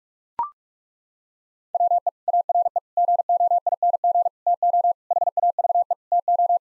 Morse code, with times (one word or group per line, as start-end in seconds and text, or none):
1.7-2.1 WE
2.3-2.8 ARE
3.0-4.3 GOING
4.5-4.9 TO
5.1-5.9 HAVE
6.1-6.6 TO